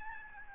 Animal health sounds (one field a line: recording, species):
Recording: mosquito wingbeat signal from an infrared sensor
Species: Aedes albopictus